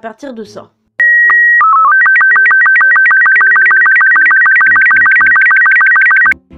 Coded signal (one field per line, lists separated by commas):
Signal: SSTV (slow-scan television)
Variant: Robot 36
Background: speech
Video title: comment ça marche #5, le SSTV